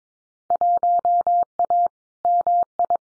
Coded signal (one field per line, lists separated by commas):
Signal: Morse code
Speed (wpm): 22 wpm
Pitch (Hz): 700 Hz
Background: none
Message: 1A MI